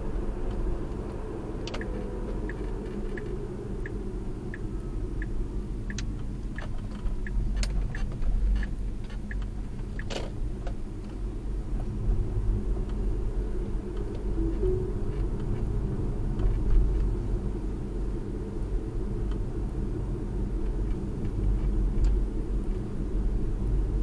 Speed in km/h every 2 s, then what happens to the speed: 52, 42, 32, 24, 23, 31, 37, 40, 37, 37, 39, 39.
0-7 brakes to 23. 7-13 speeds up to 40. 13-24 steady at about 39.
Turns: none.